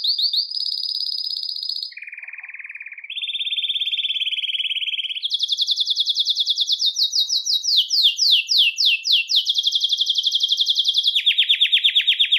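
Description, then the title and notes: Belgian canary delivering continuous song: high trill, low buzzy rattle, mid-pitched rolls, then a series of steep downslurred notes and a final lower trill. "Canario Belga, nyonyastudio"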